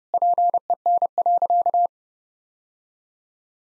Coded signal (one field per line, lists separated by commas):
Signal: Morse code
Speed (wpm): 30 wpm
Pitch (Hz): 700 Hz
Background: none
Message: PEN.